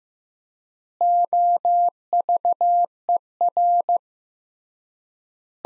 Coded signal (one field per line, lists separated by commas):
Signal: Morse code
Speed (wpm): 16 wpm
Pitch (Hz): 700 Hz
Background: none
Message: OVER